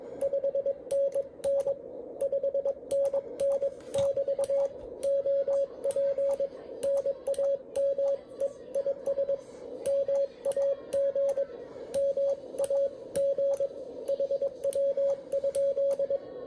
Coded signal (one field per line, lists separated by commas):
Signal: Morse code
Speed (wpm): 22 wpm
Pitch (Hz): 560 Hz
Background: radio noise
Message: 5NN 5NN <BT> OP NAME IS MAG MAG HW?